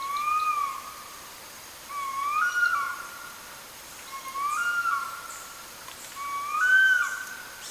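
Bird song: clear, mid-pitched whistled phrases, each a short slurred note followed by a level one, repeated about every two seconds, four times.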